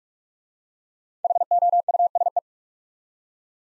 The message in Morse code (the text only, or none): HOUSE